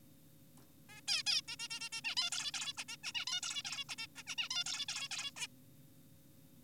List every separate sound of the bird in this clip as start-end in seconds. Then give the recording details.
0.89-1.01, 1.08-1.23, 1.27-1.41, 1.48-1.56, 1.60-1.68, 1.70-1.80, 1.81-1.89, 1.92-2.01, 2.04-2.15, 2.17-2.30, 2.32-2.52, 2.54-2.73, 2.78-2.84, 2.88-2.97, 3.04-3.12, 3.15-3.25, 3.27-3.41, 3.43-3.62, 3.65-3.84, 3.89-3.96, 3.98-4.07, 4.16-4.23, 4.27-4.36, 4.38-4.49, 4.51-4.64, 4.66-4.86, 4.88-5.08, 5.11-5.31, 5.36-5.47. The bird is an adult. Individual g4p5U